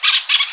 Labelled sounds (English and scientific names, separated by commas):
Brown-throated Parakeet (Eupsittula pertinax) contact call